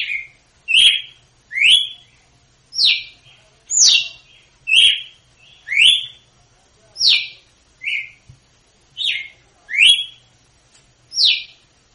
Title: Canto Galo Campina Fêmea. GALO DE CAMPINA/ AÇOITE PARA ENSINAR FILHOTE (CANTO DO NORDESTE)